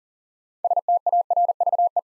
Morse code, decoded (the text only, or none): STARVE